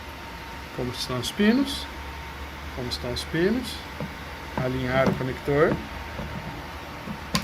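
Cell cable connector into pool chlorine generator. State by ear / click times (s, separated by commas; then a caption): seated / 7.3 s. Someone talks while aligning the pins of the cell cable connector with the pool chlorine generator, a Sibrape unit. At 7.4 s a sharp click is heard as the connector is pushed in and seats. A tug on the cable then confirms that it is held.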